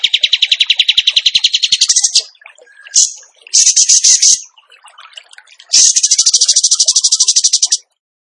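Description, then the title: Bird song: a two-second rapid trill, two short sharp bursts, then another long shrill rattling trill of quickly repeated high notes. Training recording (masteran) of a bird singing in the tembakan gacor style. "Masteran Burung Tembakan Gacor"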